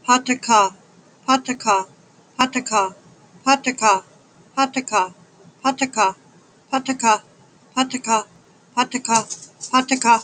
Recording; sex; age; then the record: repeated syllables /pa ta ka/; female; 40 to 49 years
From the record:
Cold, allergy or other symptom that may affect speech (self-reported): no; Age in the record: 40 years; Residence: New York, United States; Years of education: 12